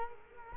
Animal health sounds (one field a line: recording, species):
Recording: mosquito wingbeat signal from an infrared sensor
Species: Culex quinquefasciatus